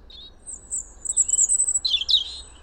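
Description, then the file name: European robin giving thin, very high drawn-out whistles, followed by a short burst of sharper twittering notes near the end. "Erithacus rubecula"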